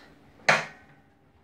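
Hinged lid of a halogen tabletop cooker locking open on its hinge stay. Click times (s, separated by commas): 0.5 s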